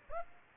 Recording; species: mosquito wingbeat signal from an infrared sensor; Aedes aegypti